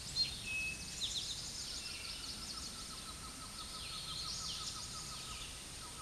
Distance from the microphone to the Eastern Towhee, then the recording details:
about 20 m. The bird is about 10 m above the microphone. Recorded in a Pennsylvania forest on 16 May 2024 at 06:48. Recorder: AudioMoth, point MSD-0398. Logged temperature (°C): 16.4 °C. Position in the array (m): 159 m, 98 m